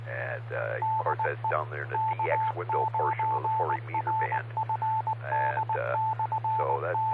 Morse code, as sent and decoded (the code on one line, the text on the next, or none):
-.. . / -.- ----. .-. ..-. -.. -..-. -
DE K9RFD/T